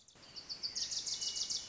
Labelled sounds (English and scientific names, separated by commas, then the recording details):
Wilson's Warbler (Cardellina pusilla)
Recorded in Sonoma County, California